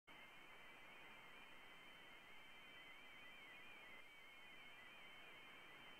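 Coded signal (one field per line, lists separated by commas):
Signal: multi-tone FSK (Olivia or MFSK type)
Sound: rapid stepping warble of single tones hopping around a narrow band, under hiss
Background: radio static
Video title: Eavesdropping on Olivia (2017 Nov 18)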